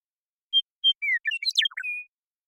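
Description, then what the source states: Western meadowlark song: two short clear whistles, a downslurred note, then a fast bubbling cascade dropping in pitch and a sustained final whistle; quiet background. Song, in the Pacific Northwest, Washington, United States; isolated and processed, natural pace and rhythm kept.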